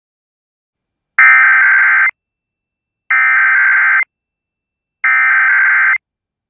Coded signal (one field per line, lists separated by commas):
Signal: Emergency Alert System (SAME) tones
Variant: header bursts